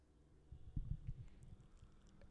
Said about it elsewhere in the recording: Can you hear my dog snoring right now?